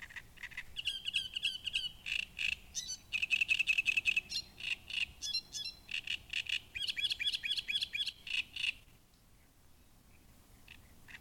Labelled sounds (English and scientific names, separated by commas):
Great Reed Warbler (Acrocephalus arundinaceus)